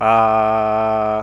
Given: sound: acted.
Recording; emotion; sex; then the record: nonverbal affect burst; neutral; male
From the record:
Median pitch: 109 Hz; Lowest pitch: 106 Hz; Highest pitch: 130 Hz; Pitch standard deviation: 2 Hz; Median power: 77.3 dB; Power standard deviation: 3.7 dB